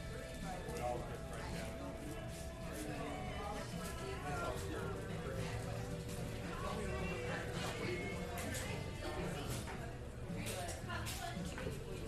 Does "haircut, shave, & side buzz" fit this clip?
no